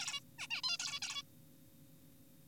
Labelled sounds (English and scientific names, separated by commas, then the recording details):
Zebra Finch (Taeniopygia guttata)
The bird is an adult
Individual g4p5U